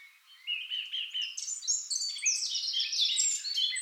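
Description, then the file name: Eurasian blackcap song: after a quiet start, a fast, busy warble of chattering and whistled notes rises in loudness and runs on steadily. "Sylvia atricapilla"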